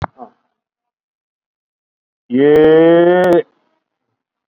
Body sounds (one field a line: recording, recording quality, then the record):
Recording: sustained vowel as in made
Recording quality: moderate, slight background noise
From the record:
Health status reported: COVID-19 positive, moderate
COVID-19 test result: positive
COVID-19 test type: RT-PCR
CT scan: not taken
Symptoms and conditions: cough, cold, fever, fatigue, muscle pain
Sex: male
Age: 41 years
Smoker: no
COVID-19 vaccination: one dose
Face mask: worn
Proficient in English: yes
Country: India